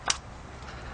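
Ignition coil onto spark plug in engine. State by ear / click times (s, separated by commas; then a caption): seated / 0.1 s. An ignition coil is pushed back down onto a spark plug in a BMW E90 engine, giving a single short, sharp pop at 0.1 s over a low steady hum. The pop shows the coil is seated.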